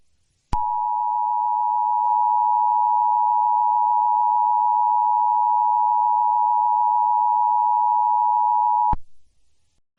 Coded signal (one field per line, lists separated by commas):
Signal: Emergency Alert System (SAME) tones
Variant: 853 and 960 Hz attention tone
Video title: EAS Scenario #3: The Intruder